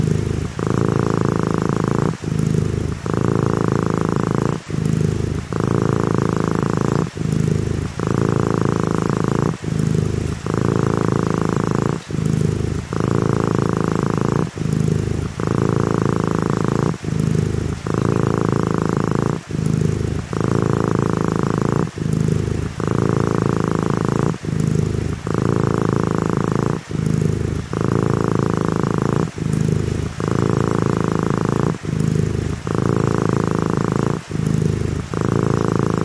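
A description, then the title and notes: A cat purrs in a steady, unbroken rhythm, each rumbling breath lasting just over a second with a brief pause between them. Behind it a soft, constant hiss of rain patters on the window throughout. Cat Purring By the Window on a Rainy Day. The calming sounds of a purring cat and the soothing patter of raindrops on the window. This episode features only natural soundscapes with no dialogue or voice.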